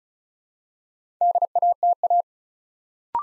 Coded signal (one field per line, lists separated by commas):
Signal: Morse code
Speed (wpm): 36 wpm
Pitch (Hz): 700 Hz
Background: none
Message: DATA